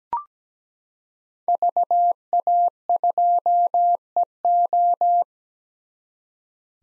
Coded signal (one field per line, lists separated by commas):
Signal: Morse code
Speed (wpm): 17 wpm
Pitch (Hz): 700 Hz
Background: none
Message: VA2EO